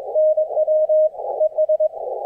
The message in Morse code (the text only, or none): NW ES